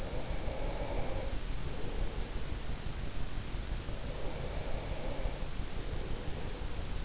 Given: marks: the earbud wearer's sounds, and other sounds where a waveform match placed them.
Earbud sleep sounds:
sounds in sleep by an in-ear microphone; breath
0.00-3.75 s: breath
4.53-6.98 s: breath

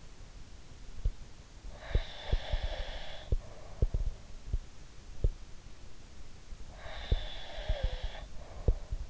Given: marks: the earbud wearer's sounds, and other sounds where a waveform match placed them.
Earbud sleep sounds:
sounds in sleep by an in-ear microphone; breath, snoring breath
1.57-4.30 s: breath
6.73-9.10 s: snoring breath

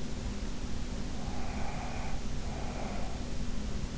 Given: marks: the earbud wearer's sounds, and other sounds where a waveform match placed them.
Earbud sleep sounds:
sounds in sleep by an in-ear microphone; breath
1.13-3.25 s: breath

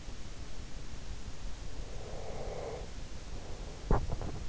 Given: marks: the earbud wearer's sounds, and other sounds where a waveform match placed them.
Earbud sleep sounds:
sounds in sleep by an in-ear microphone; breath
1.73-4.45 s: breath
3.76-4.45 s: sound from someone else or the room

